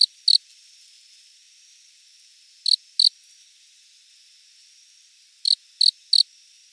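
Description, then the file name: Cricket song of brief high chirps in groups of two, two and three, separated by pauses of over two seconds. "Loxoblemmus sylvestris"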